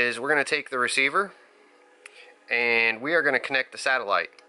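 Someone talks while handling the small plastic lead connector of the satellite receiver, which is being plugged into the port of the main LemonRX 6-channel DSMX RC receiver for binding to a Spektrum radio; it can only plug in one way. A faint tick is heard at about 2.1 s between phrases, but nothing has seated or clicked yet.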